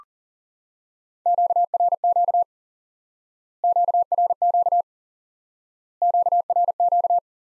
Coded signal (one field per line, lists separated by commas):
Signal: Morse code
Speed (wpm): 37 wpm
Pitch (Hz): 700 Hz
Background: none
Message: QRQ QRQ QRQ